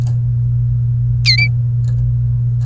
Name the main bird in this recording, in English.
Domestic Canary